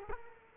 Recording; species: mosquito wingbeat signal from an infrared sensor; Culex quinquefasciatus